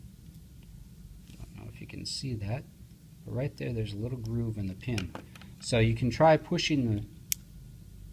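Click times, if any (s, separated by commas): 7.3 s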